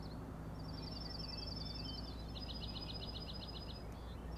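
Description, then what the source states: Common nighthawk rattle: a thin fast trill leading into a run of evenly spaced buzzy pulses, with a steady low hum beneath. Three birds giving rattling noises at 4am on 16 June 2017, Schoodic Head overlook, Acadia National Park, Winter Harbor, Maine; flying closely following each other, passing near the recordist.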